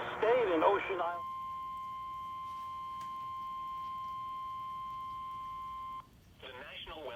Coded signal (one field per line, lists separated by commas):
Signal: Emergency Alert System (SAME) tones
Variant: 1050 Hz attention tone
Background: speech